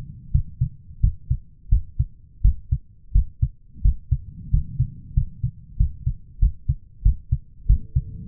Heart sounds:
heart sounds by stethoscope; 90 bpm
0.31 s: heartbeat
1.00 s: heartbeat
1.69 s: heartbeat
2.41 s: heartbeat
3.12 s: heartbeat
3.82 s: heartbeat
4.50 s: heartbeat
5.14 s: heartbeat
5.77 s: heartbeat
6.39 s: heartbeat
7.02 s: heartbeat
7.66 s: heartbeat
From the record:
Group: healthy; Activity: rest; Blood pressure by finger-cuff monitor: 142/98 mmHg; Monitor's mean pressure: 110 mmHg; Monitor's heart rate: 88 bpm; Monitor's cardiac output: 7.4 L/min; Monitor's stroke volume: 85 mL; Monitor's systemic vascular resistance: 1120 dyn s/cm5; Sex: male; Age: 23 years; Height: 179 cm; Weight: 87 kg

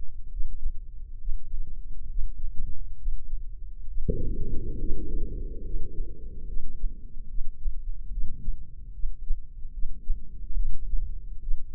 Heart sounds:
heart sounds by microphone in the left ear; 70 bpm
0.31 s: heartbeat
1.19 s: heartbeat
2.09 s: heartbeat
2.98 s: heartbeat
3.88 s: heartbeat
4.78 s: heartbeat
5.64 s: heartbeat
6.47 s: heartbeat
7.28 s: heartbeat
8.11 s: heartbeat
8.93 s: heartbeat
9.73 s: heartbeat
10.55 s: heartbeat
11.41 s: heartbeat
From the record:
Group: healthy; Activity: breath hold 0-6 s, rest 6-12 s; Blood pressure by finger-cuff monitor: 161/90 mmHg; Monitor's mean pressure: 107 mmHg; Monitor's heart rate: 68 bpm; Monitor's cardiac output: 6.7 L/min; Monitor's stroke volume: 99 mL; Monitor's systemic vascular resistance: 1180 dyn s/cm5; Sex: male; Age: 57 years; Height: 188 cm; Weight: 106 kg

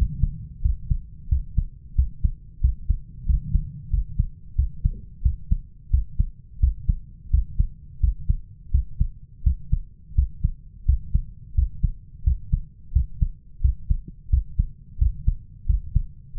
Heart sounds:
heart sounds by stethoscope; 88 bpm
0.64 s: heartbeat
1.31 s: heartbeat
1.97 s: heartbeat
2.63 s: heartbeat
3.28 s: heartbeat
3.92 s: heartbeat
4.58 s: heartbeat
5.24 s: heartbeat
5.93 s: heartbeat
6.62 s: heartbeat
7.33 s: heartbeat
8.02 s: heartbeat
8.73 s: heartbeat
9.45 s: heartbeat
10.17 s: heartbeat
10.88 s: heartbeat
11.57 s: heartbeat
12.26 s: heartbeat
12.95 s: heartbeat
13.63 s: heartbeat
14.32 s: heartbeat
15.00 s: heartbeat
15.68 s: heartbeat
16.37 s: heartbeat
From the record:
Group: healthy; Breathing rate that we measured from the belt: 16 breaths a minute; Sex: male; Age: 21 years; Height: 175 cm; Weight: 72.6 kg

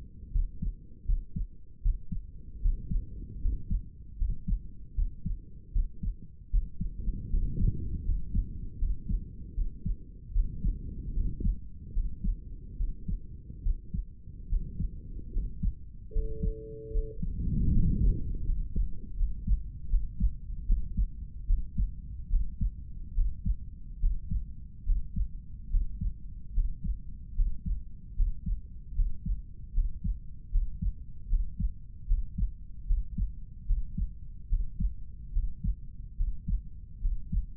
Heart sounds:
heart sounds by stethoscope; 75 bpm
0.32 s: heartbeat
1.05 s: heartbeat
1.82 s: heartbeat
2.61 s: heartbeat
3.41 s: heartbeat
4.18 s: heartbeat
4.95 s: heartbeat
5.72 s: heartbeat
6.50 s: heartbeat
7.30 s: heartbeat
8.04 s: heartbeat
8.78 s: heartbeat
9.54 s: heartbeat
10.32 s: heartbeat
11.13 s: heartbeat
11.93 s: heartbeat
12.77 s: heartbeat
13.62 s: heartbeat
14.49 s: heartbeat
15.32 s: heartbeat
16.12 s: heartbeat
16.91 s: heartbeat
17.71 s: heartbeat
18.44 s: heartbeat
19.16 s: heartbeat
19.88 s: heartbeat
20.65 s: heartbeat
21.46 s: heartbeat
22.29 s: heartbeat
23.14 s: heartbeat
23.99 s: heartbeat
24.84 s: heartbeat
25.69 s: heartbeat
26.53 s: heartbeat
27.35 s: heartbeat
28.15 s: heartbeat
28.94 s: heartbeat
29.73 s: heartbeat
30.51 s: heartbeat
31.28 s: heartbeat
32.07 s: heartbeat
32.86 s: heartbeat
33.66 s: heartbeat
34.48 s: heartbeat
35.32 s: heartbeat
36.16 s: heartbeat
37.01 s: heartbeat
From the record:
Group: healthy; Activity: rest 0-18 s, breath hold 18-38 s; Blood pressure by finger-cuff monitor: 110/71 mmHg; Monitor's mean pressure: 80 mmHg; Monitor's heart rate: 75 bpm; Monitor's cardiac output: 6.2 L/min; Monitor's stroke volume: 81 mL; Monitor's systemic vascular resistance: 940 dyn s/cm5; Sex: male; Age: 35 years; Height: 180 cm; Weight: 86.9 kg

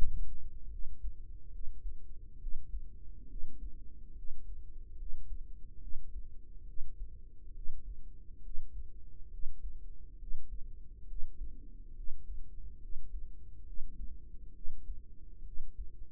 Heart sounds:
heart sounds by microphone in the right ear; 69 bpm
0.68 s: heartbeat
1.49 s: heartbeat
2.37 s: heartbeat
3.26 s: heartbeat
4.13 s: heartbeat
4.95 s: heartbeat
5.78 s: heartbeat
6.64 s: heartbeat
7.52 s: heartbeat
8.40 s: heartbeat
9.28 s: heartbeat
10.16 s: heartbeat
11.05 s: heartbeat
11.93 s: heartbeat
12.78 s: heartbeat
13.63 s: heartbeat
14.51 s: heartbeat
15.42 s: heartbeat
From the record:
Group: healthy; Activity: rest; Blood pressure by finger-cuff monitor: 117/59 mmHg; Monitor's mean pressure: 75 mmHg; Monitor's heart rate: 68 bpm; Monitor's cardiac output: 5.8 L/min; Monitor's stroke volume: 85 mL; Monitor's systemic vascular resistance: 930 dyn s/cm5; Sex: female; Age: 32 years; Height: 168 cm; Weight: 61.9 kg

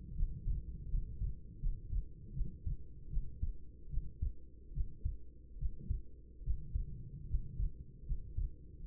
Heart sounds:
heart sounds by stethoscope; 76 bpm
0.14 s: heartbeat
0.88 s: heartbeat
1.59 s: heartbeat
2.32 s: heartbeat
3.09 s: heartbeat
3.89 s: heartbeat
4.72 s: heartbeat
5.57 s: heartbeat
6.42 s: heartbeat
7.26 s: heartbeat
8.04 s: heartbeat
8.83 s: heartbeat
From the record:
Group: healthy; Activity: rest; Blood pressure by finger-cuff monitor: 98/52 mmHg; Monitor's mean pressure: 68 mmHg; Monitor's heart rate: 72 bpm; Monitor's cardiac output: 6.8 L/min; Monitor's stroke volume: 92 mL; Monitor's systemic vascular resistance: 730 dyn s/cm5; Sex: female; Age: 26 years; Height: 165 cm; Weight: 55 kg

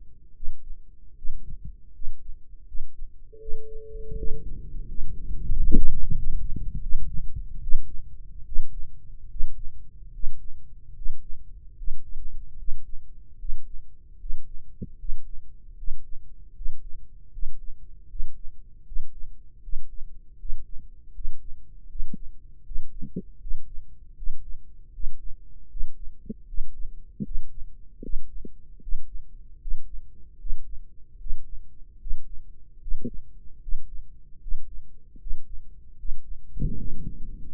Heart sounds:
heart sounds by microphone in the right ear; 77 bpm
0.33 s: heartbeat
1.14 s: heartbeat
1.92 s: heartbeat
2.65 s: heartbeat
3.38 s: heartbeat
4.14 s: heartbeat
4.85 s: heartbeat
5.51 s: heartbeat
6.13 s: heartbeat
6.79 s: heartbeat
7.60 s: heartbeat
8.43 s: heartbeat
9.27 s: heartbeat
10.10 s: heartbeat
10.92 s: heartbeat
11.74 s: heartbeat
12.54 s: heartbeat
13.35 s: heartbeat
14.16 s: heartbeat
14.95 s: heartbeat
15.74 s: heartbeat
16.51 s: heartbeat
17.29 s: heartbeat
18.06 s: heartbeat
18.82 s: heartbeat
19.59 s: heartbeat
20.35 s: heartbeat
21.11 s: heartbeat
21.86 s: heartbeat
22.62 s: heartbeat
23.37 s: heartbeat
24.13 s: heartbeat
24.90 s: heartbeat
25.67 s: heartbeat
26.45 s: heartbeat
27.22 s: heartbeat
28.00 s: heartbeat
28.79 s: heartbeat
29.58 s: heartbeat
30.37 s: heartbeat
31.17 s: heartbeat
31.98 s: heartbeat
32.78 s: heartbeat
33.59 s: heartbeat
34.39 s: heartbeat
35.17 s: heartbeat
35.96 s: heartbeat
36.74 s: heartbeat
37.51 s: heartbeat
From the record:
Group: healthy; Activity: rest 0-3 s, breath hold 3-33 s, rest 33-38 s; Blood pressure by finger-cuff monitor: 126/76 mmHg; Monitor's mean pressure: 90 mmHg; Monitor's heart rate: 77 bpm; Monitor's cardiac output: 5.8 L/min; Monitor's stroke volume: 77 mL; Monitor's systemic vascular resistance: 880 dyn s/cm5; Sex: male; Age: 21 years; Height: 180 cm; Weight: 67.5 kg

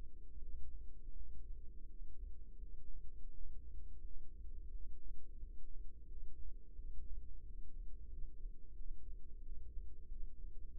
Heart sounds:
heart sounds by microphone in the right ear; 87 bpm
0.35 s: heartbeat
1.09 s: heartbeat
1.82 s: heartbeat
2.55 s: heartbeat
3.27 s: heartbeat
3.98 s: heartbeat
4.67 s: heartbeat
5.36 s: heartbeat
6.05 s: heartbeat
6.72 s: heartbeat
7.39 s: heartbeat
8.06 s: heartbeat
8.73 s: heartbeat
9.39 s: heartbeat
10.05 s: heartbeat
10.71 s: heartbeat
From the record:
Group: healthy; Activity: breath hold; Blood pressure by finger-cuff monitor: 99/66 mmHg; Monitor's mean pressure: 76 mmHg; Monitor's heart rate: 88 bpm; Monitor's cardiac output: 6.2 L/min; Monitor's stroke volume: 72 mL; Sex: female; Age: 32 years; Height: 172 cm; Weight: 71.7 kg

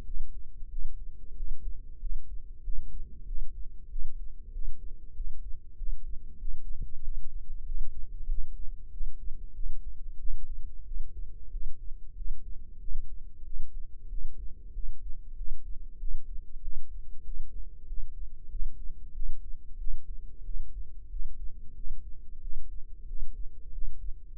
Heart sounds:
heart sounds by microphone in the left ear; 94 bpm
0.03 s: heartbeat
0.68 s: heartbeat
1.34 s: heartbeat
1.99 s: heartbeat
2.62 s: heartbeat
3.25 s: heartbeat
3.88 s: heartbeat
4.51 s: heartbeat
5.13 s: heartbeat
5.75 s: heartbeat
6.37 s: heartbeat
7.00 s: heartbeat
7.64 s: heartbeat
8.27 s: heartbeat
8.90 s: heartbeat
9.53 s: heartbeat
10.17 s: heartbeat
10.83 s: heartbeat
11.50 s: heartbeat
12.14 s: heartbeat
12.78 s: heartbeat
13.43 s: heartbeat
14.08 s: heartbeat
14.72 s: heartbeat
15.35 s: heartbeat
16.23 s: heartbeat
16.60 s: heartbeat
17.23 s: heartbeat
17.86 s: heartbeat
18.48 s: heartbeat
19.12 s: heartbeat
19.77 s: heartbeat
20.43 s: heartbeat
21.08 s: heartbeat
21.73 s: heartbeat
22.39 s: heartbeat
23.05 s: heartbeat
23.70 s: heartbeat
24.35 s: heartbeat
From the record:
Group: healthy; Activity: rest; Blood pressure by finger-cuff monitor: 109/65 mmHg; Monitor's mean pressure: 77 mmHg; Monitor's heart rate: 94 bpm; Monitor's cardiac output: 8.2 L/min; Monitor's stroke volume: 86 mL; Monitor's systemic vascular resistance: 690 dyn s/cm5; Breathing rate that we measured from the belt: 19 breaths a minute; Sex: male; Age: 19 years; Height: 178 cm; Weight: 83 kg

